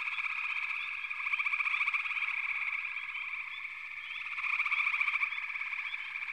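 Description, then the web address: Frogs calling together in a continuous high trilling chorus that swells louder twice, around a second and around four and a half seconds in. "Natures Songs Sleep Sounds of Nature FROGS Frog Chorus"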